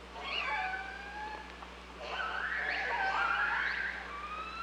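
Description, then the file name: Killer whale calls, tonal squealing sounds that rise then level off, with a dense cluster of overlapping calls in the second half over a low constant hum. Recorded 16 July 2015 at 14h, channel 5. "Orques Orcalab 2015 07 16 14 h voie 5"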